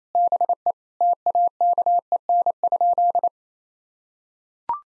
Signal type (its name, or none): Morse code